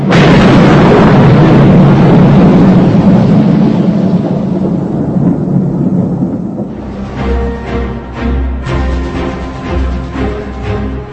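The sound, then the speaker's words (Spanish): A loud, deep rumble of thunder in a storm rolls on for about six seconds, then fades into steady, tonal music-like sounds with a low droning undertone. “y hubo relámpagos, voces, truenos, un terremoto y grande granizo.”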